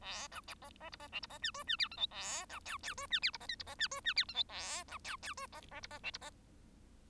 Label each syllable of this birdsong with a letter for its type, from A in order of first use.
A B C C D C E D C F G F H I J A B K K G F H D C L D C F G F H I J A B K K G C C D C E D C